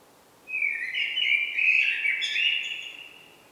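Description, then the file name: Common blackbird giving a long, rich warbling phrase of flowing fluted notes, with thin higher notes over it near the end. "Turdus merula"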